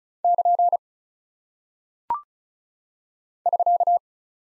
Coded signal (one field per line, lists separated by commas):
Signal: Morse code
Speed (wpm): 36 wpm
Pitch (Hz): 700 Hz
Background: none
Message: <KN> <SK>